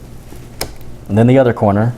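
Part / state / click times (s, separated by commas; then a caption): memory module into motherboard DIMM slot / partly seated / 0.6 s. Thumbs press one corner of a memory module down into a motherboard DIMM slot, and a sharp click sounds at 0.6 s as that corner snaps down. The other end of the module is not yet seated, and someone then talks.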